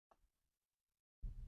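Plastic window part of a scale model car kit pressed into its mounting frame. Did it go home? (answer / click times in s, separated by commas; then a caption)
no / none. A plastic window part from a Fanhome Fast & Furious Dodge Charger scale model car kit (issue 67/68) is handled as it is lined up to be pressed into its mounting frame. Faint handling rustles come from about 0.1 to 0.5 s, then near silence, then louder, low-heavy handling noise from 1.2 s to the end. Nothing has seated or clicked yet.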